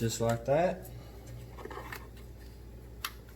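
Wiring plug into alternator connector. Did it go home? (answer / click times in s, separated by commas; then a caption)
yes / 3.1 s. A plastic electrical wiring plug is pushed onto the alternator connector of a 2007 Monte Carlo SS while someone talks. It seats with a sharp click at 3.0 seconds, then is tugged so it won't come undone.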